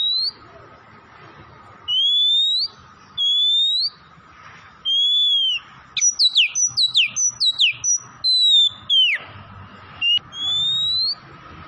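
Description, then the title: Oriental magpie-robin: several long clear whistles, then a rapid rattling sequence of sharp descending notes and more whistles. Tretes; singing vigorously (gacor). "Kacer Tretes Gacor"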